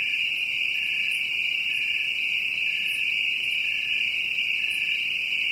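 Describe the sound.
Cricket giving a steady, continuous high trill without pauses, with faint intermittent higher ticks above.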